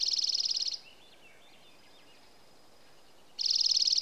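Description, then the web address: Dark-eyed junco giving the end of one steady, musical trill, then quiet with faint squeaky bird notes, then the next uniform trill starting. Alaska, United States; 24 May 2026. "alaska. 20260524. Dark-eyed Junco"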